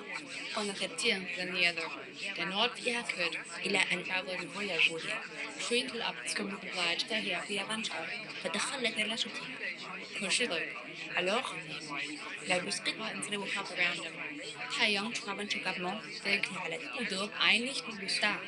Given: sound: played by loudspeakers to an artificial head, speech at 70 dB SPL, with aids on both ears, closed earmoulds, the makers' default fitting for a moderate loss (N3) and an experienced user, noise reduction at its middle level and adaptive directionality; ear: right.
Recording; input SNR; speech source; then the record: speech test signal (ISTS) in cocktail-party noise; -3 dB; in front (0 degrees)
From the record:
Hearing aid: class 2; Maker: I